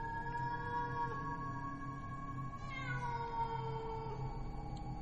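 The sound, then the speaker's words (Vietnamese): A stray female cat in heat yowls at night in a cemetery, one long, drawn-out wail with steady harmonics, dipping and wavering in pitch midway, over a low constant hum with no speech. “Đâu đây trong nghĩa địa, chắc là có con mèo cái động đực đi hoang, cứ kêu đến não cả lòng.”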